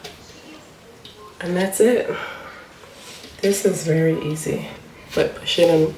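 While wiring a recessed light, an electrical wire is handled at a push-in wire connector as someone talks, with faint handling sounds. The wire has not yet gone home, and nothing has seated or clicked in the connector yet.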